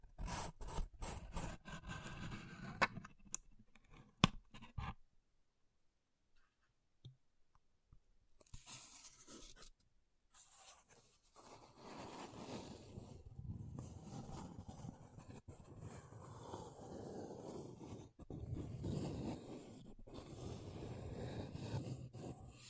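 Close tapping and scratching on makeup containers, with quick clicks early, a near-silent pause around six seconds, then steady low rubbing and scraping.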